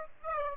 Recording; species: mosquito wingbeat signal from an infrared sensor; Aedes aegypti